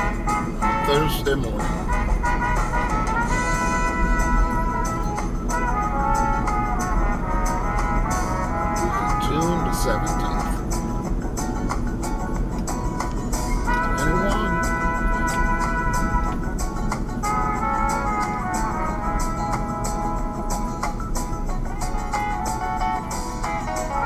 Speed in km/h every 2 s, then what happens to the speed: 42, 44, 45, 45, 45, 45, 45, 44, 40, 37, 32, 27.
0-13 steady at about 45. 13-24 slows to 27.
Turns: none.